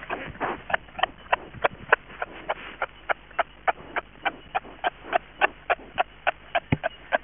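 Eastern grey kangaroo producing a fast series of dry, knocking clicks at a brisk, fairly regular pace of roughly three per second.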